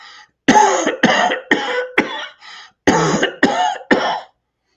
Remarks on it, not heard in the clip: It'd be a cough that sounds like. So it's got that sort of dry wheeziness to it, the sound in it. You kind of like cough and then you cough. And those spasms of the coughing, they could be actually pretty hard and leave your like lungs and your chest hurting from how hard the coughing feels.